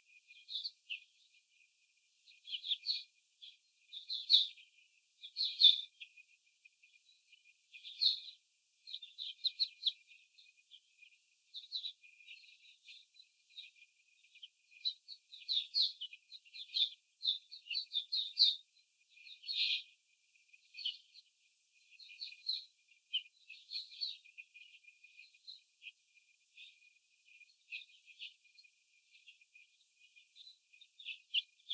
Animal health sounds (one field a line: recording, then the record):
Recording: young laying hens in a cage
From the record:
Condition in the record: after the stressor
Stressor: simulated dog barking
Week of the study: 4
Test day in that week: 3